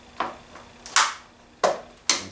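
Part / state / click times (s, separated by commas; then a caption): plastic cover or clip on the recoil starter housing of a handheld 2-stroke vacuum / seated / 2.1 s. While a handheld 2-stroke leaf vacuum is being reassembled, a plastic part of the recoil starter cover housing is folded back until it snaps into place. Several sharp plastic clicks and taps sound at about 0.2, 1.0 and 1.6 seconds. A final loud, crisp snap at 2.1 seconds marks the cover clip seating.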